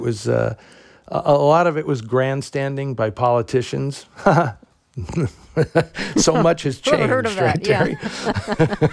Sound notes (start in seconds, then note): 5.2 laughter; 7.7 laughter